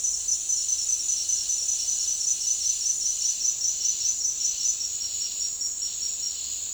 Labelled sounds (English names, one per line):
none